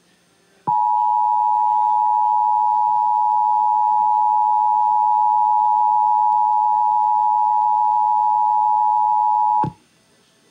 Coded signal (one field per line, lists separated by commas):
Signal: Emergency Alert System (SAME) tones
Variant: 853 and 960 Hz attention tone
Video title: IPAWS Weekly Test (8/9/21)(EAS 835)